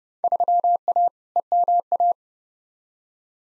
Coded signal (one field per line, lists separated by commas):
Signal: Morse code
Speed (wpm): 30 wpm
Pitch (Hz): 700 Hz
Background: none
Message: 3A EMA